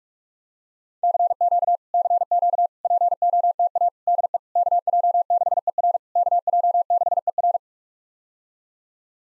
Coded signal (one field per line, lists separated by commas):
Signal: Morse code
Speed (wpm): 46 wpm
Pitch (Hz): 700 Hz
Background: none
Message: CQ CQ POTA DE KJ6ER KJ6ER